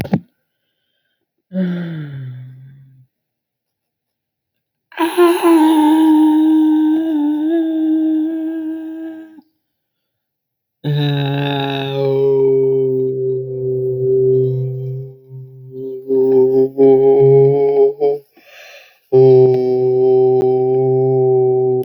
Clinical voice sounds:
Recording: vowel held as long as possible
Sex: male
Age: 20 to 29 years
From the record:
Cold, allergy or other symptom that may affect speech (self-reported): no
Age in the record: 23 years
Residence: California, United States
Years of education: 12

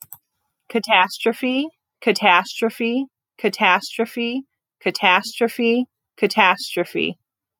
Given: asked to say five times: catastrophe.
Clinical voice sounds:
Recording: repeated word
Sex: female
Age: 30 to 39 years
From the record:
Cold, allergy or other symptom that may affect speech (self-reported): no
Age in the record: 30 years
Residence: Michigan, United States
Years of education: 16

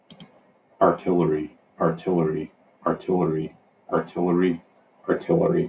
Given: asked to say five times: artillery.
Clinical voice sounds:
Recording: repeated word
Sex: male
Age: 30 to 39 years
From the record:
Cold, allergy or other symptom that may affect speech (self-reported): no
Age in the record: 39 years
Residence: Utah, United States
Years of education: 16

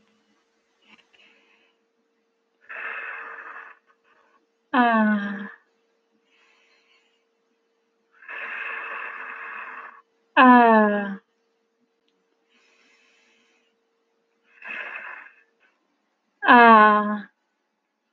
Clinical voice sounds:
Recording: vowel held as long as possible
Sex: female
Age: 20 to 29 years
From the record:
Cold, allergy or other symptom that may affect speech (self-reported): no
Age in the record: 27 years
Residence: California, United States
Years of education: 16

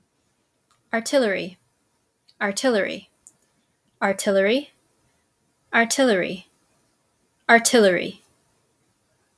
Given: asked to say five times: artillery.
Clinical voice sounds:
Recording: repeated word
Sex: female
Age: 30 to 39 years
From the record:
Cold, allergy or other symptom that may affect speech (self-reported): no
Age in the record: 33 years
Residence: Illinois, United States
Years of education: 16

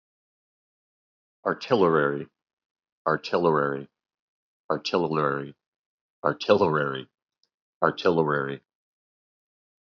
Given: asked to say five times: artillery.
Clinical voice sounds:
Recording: repeated word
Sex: male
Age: 40 to 49 years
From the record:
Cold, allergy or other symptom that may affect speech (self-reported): no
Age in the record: 48 years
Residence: Ohio, United States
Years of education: 19

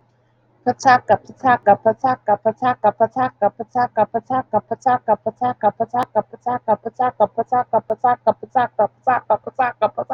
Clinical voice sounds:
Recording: repeated syllables /pa ta ka/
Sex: female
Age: 30 to 39 years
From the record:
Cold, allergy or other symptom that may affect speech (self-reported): no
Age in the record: 34 years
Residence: Georgia, United States

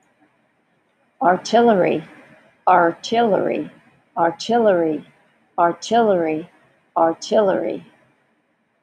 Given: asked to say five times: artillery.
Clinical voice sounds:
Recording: repeated word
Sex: female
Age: 70 to 79 years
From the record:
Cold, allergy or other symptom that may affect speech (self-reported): no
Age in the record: 75 years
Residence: Texas, United States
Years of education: 15

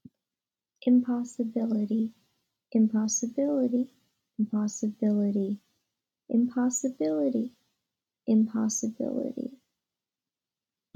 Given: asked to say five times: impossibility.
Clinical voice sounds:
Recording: repeated word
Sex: female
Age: 20 to 29 years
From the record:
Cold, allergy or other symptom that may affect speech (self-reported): no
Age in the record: 20 years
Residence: Maryland, United States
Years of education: 14

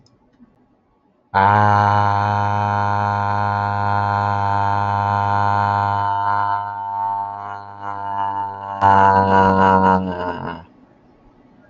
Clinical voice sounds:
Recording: vowel held as long as possible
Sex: male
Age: 20 to 29 years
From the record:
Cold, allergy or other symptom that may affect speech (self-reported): no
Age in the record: 26 years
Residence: Pennsylvania, United States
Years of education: 14

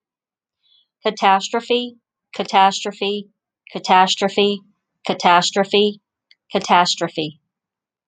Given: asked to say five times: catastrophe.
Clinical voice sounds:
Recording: repeated word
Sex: female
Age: 40 to 49 years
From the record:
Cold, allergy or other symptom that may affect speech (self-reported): no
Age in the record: 44 years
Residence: Florida, United States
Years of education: 14

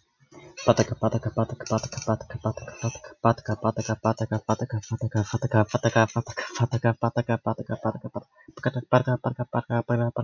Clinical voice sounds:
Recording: repeated syllables /pa ta ka/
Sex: male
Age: 20 to 29 years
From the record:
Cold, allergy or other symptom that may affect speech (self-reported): no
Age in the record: 23 years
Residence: New York, United States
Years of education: 16

